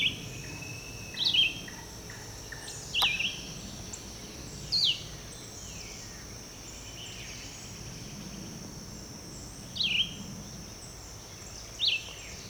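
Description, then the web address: Red-eyed vireo song: brief, thin slurred notes separated by gaps of one to five seconds, against a quiet steady hum. "birds vireos"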